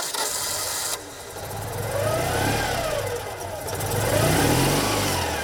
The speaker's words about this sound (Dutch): Ja, dat is een onmiskenbaar het geluid van de Deux Chevaux, ook wel de lelijke eend genoemd. Maar dat typische motorgeluid, dat is straks misschien wel verleden tijd.